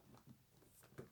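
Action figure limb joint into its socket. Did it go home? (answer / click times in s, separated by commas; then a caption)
no / none. A fixed joint part of a plastic action figure limb is being handled and pushed toward its socket, with soft rubbing and faint tapping and a short sharp knock near 1.0 s. Nothing has seated or clicked yet: the part is not yet home when the sound ends.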